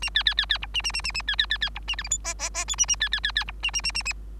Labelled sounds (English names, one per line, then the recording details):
Bengalese Finch song
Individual Bird3